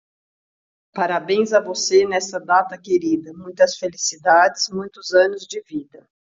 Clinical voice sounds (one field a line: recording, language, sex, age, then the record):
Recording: short text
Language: Brazilian Portuguese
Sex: female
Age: 60 to 69 years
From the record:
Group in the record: control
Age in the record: 62 years